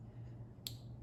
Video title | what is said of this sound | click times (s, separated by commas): Make it sew! | and it clicked now it's in | 0.7 s